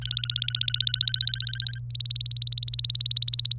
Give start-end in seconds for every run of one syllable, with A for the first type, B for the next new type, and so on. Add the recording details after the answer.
0.02-1.78 A, 1.90-3.54 B. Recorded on 27 April 2018 at 08:27. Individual llb3